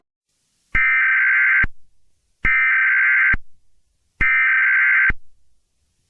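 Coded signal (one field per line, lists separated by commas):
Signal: Emergency Alert System (SAME) tones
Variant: header bursts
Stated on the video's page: Fictional EAS scenario about a lunar eclipse, not a real alert.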